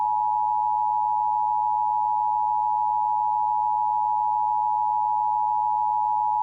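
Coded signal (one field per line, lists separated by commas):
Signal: Emergency Alert System (SAME) tones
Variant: 853 and 960 Hz attention tone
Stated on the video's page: Fictional EAS scenario.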